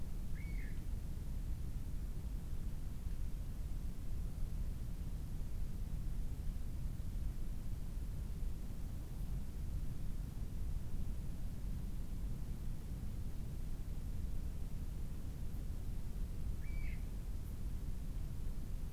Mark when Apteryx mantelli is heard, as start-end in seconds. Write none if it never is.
none